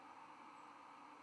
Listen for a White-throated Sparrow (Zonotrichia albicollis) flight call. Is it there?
yes